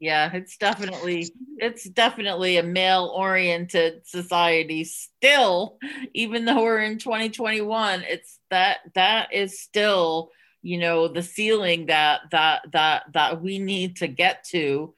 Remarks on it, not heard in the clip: A woman who stutters.